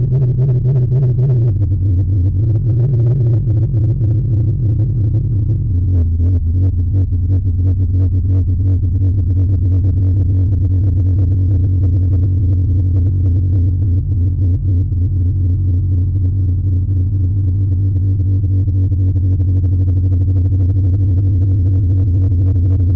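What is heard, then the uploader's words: A single long low D is held for the whole stretch. In the first six seconds the tone wavers and shifts slightly, then settles into a steady, dark drone with a grainy, rapidly fluttering buzz and almost nothing bright above it. This piece was created, recorded live playing one long low D on a Roland Juno-D while manipulating the Filter Cutoff, Resonance and LFO Speed and Depth.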